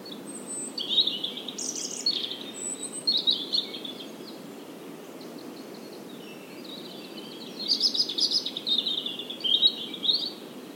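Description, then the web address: European robin song in several phrases of thin, sliding whistles and rapid trills, with a quieter gap midway before another sparkling burst. "SETE Erithacus rubecula"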